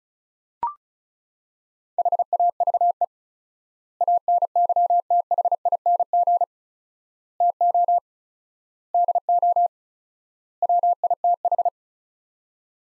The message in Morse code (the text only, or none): HAVE ANYTHING TO DO WITH